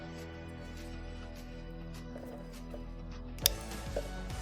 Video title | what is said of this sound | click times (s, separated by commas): Yamaha Jetboat - Hydrophase Ridesteady Install | and you should push it'll snap into place and the clip will be locked and latched | 3.5 s